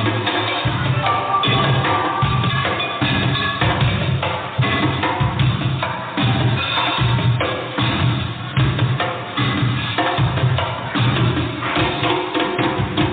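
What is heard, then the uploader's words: Drumming plays without pause for the whole stretch, a dense, busy pattern of quick hits over a steady run of low thumps. The sound is muffled and dull, with no crisp top end, and the volume stays even from start to finish. DRUMMING.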